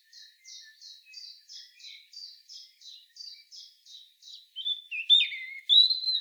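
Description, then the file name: European robin song: a series of evenly spaced, high repeated notes, followed by a loud, quick warbled phrase ending in a sustained thin whistle. "Erithacus rubecula"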